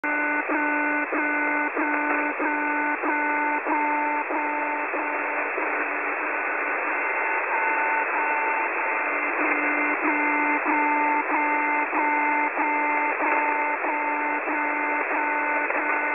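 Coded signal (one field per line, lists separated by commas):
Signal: channel marker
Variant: Russian military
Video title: Russia alarm channel marker 11/4/21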